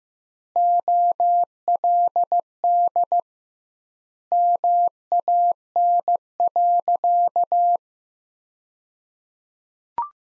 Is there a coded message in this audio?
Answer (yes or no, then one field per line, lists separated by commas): yes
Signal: Morse code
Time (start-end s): 0.6-7.8 s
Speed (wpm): 16 wpm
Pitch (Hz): 700 Hz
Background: none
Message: OLD MAN.